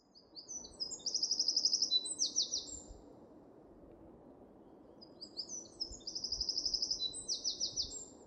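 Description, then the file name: Eurasian wren singing two bursts of high, rapid trills and twittering phrases, separated by a pause, over low background noise. "Troglodytes troglodytes"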